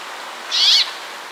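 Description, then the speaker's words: Brambling call: a single brief, harsh, buzzy note at high pitch over faint background hiss. Very buzzing calls, heard in Europe more often than the song. "В Европе больше слышно позывки юрка. Они такие очень жужжащие."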